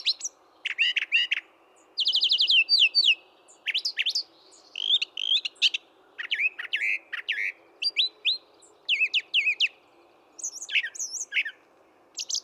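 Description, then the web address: Brown thrasher song: rich, varied phrases, many given in quick pairs, mixing rasping buzzes, sharp chips and slurred whistles, with short pauses between. "birdsongforthecurious Brown Thrasher"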